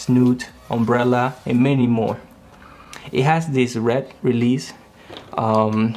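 Someone talks while handling the red release on the Bowens-style modifier mount of an Ambitful FL80 80W battery-powered LED light, with a light modifier about to be attached. Only quiet handling noise is heard between the phrases. The modifier has not seated or clicked into the mount yet.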